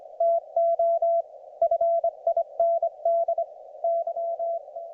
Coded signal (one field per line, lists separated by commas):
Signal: Morse code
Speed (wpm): 24 wpm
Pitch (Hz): 690 Hz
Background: none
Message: TO FIND Y